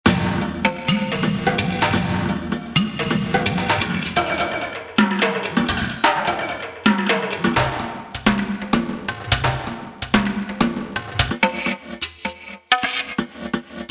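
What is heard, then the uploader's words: An ethnic shaker rattles in a quick, dense rhythm, its gritty scraping strokes packed closely together with sharp accents throughout. A low, humming undertone runs beneath the shakes. Around twelve seconds the sound drops away briefly before the rattling resumes. FX Drooms - Ethno Shaker by Cluster Sound Official.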